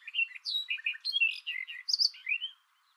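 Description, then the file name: Barred warbler song, a fast continuous scratchy warble of varied chattering notes lasting about two and a half seconds, then quiet. "karvalyposzata hangja"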